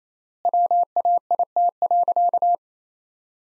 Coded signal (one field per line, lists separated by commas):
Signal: Morse code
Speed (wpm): 28 wpm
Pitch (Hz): 700 Hz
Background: none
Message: WAIT.